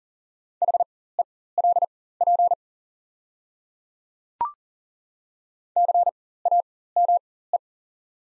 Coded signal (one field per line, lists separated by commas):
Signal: Morse code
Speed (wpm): 40 wpm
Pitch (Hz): 700 Hz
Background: none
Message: HELP CAME